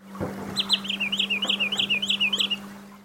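Wood Sandpiper call: a long run of many high, sharp whistled notes over a steady low hum.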